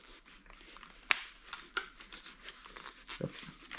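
A new neck roll and liner are pressed into an Arai motorcycle helmet shell during servicing. At 1.1 s one sharp, loud snap is heard as the liner snap clicks home, followed by fainter clicks and rustling. The snap is seated solidly in the shell.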